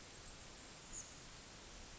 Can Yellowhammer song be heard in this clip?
no